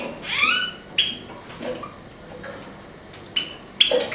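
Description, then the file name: Java sparrow song, a few bell-like notes and a short up-slurred whistle among clicks, against a hissy background. "pesnya risovoi amadiny"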